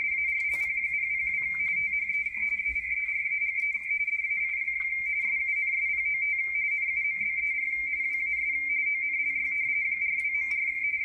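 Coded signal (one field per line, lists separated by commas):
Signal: RTTY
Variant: Baudot, 170 Hz shift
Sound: continuous rapid warbling between two close high tones, steady teleprinter rhythm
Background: faint radio static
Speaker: depending on the day of the week the digital broadcast is in different modes tonight it's in Baldo rtty 170 Hertz shift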